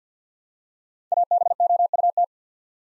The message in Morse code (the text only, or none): ABOUT